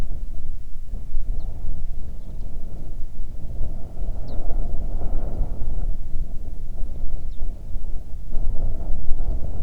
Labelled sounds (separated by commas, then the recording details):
songbird, wind
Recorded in the Prudhoe Bay oil fields, Alaska, on 31 July 2019 at 07:38
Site 24